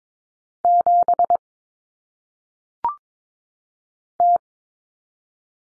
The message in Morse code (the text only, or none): 7 T